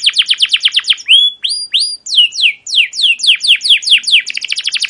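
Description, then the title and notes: Canary song: fast runs of descending chirps, then clear rising whistles and sweeping downward notes, ending in a rapid trill of repeated chirps. Captive canary, long continuous chirping song used as a training track for young canaries to learn song. "CUIT CUIT NGEROL LANGSUNG GACOR PANJANG Kenari Ini AMPUH Utk Pancingan KENAR. PANCINGAN Kenari GACOR PANJANG Cuit CUIT EMOSI ini AMPUH utk MASTERAN Kenari PAUD belajar BUNYI. burung kenari"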